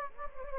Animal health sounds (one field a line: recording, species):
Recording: mosquito wingbeat signal from an infrared sensor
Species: Anopheles gambiae